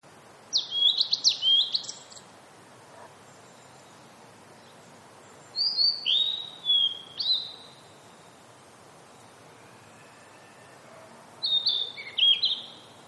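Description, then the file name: Blue-and-white flycatcher song: three separate clear, whistled phrases, the first rich and varied, with quiet pauses between. "oruri"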